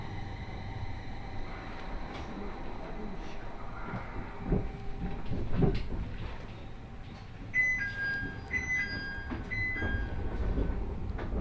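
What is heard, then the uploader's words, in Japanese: Riding a 701 series train toward Kitakami, a steady low rumble of the moving carriage fills the clip, with faint murmuring voices and occasional knocks. From about seven seconds, a series of bright electronic chime tones repeats over the running noise. 耳で楽しむ鉄道旅 東北本線・北上線 花巻→北上→和賀仙人。701系電車に揺られて北上駅に着いたらダッシュで乗り換え。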